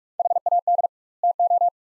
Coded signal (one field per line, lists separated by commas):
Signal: Morse code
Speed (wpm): 43 wpm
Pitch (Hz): 700 Hz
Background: none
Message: HAD TO